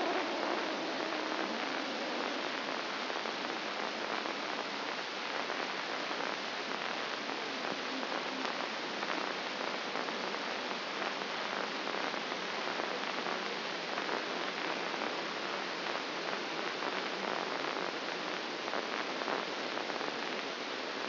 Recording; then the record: brain microelectrode recording played as sound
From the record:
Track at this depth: inside the subthalamic nucleus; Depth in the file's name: 5.101 mm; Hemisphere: left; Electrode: 2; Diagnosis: Parkinson's disease